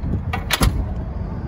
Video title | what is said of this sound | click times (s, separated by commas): EZ LOCK System For Wheelchair Users and (EXCITING NEWS!) | boom. And if you, when you hear that click, that means I'm locked in. | 0.3 s